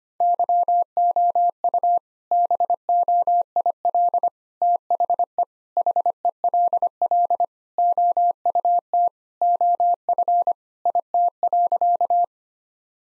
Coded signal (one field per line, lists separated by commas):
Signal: Morse code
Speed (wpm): 25 wpm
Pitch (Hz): 700 Hz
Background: none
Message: YOU BOIL THE HELL OUT OF IT.